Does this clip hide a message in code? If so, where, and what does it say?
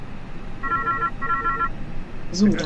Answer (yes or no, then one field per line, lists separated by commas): no